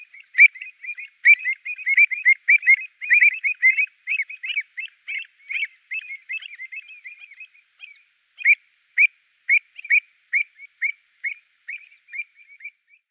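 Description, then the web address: Avocet calls: a dense, rapid chatter of fluty notes that thins out into spaced, repeated single calls toward the end. "Schulze Peter Avocet"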